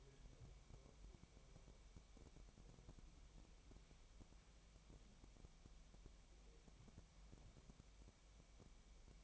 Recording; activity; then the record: daily activity, microphone in the room; wipe stove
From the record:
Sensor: 1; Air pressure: 1003.3 hPa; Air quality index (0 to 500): 199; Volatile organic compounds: 6 ppm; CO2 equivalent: 1900 ppm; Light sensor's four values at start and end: 8/19/8/9 and 8/19/8/9